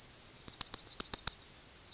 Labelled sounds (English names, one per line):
Yellowhammer song